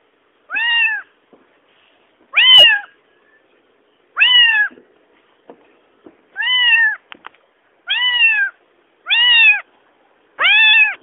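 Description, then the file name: Cat meowing, seven clear drawn-out meows spaced a second or two apart, with a few faint clicks between them. Small cat. "small cat voice"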